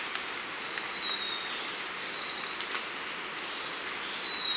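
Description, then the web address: Rufous-throated tanager giving thin, high whistled notes and a few sharp chips, spaced irregularly over a faint steady hiss of background noise. Recorded in Ecuador. "Birds of Ecuador Rufous-throated Tanager"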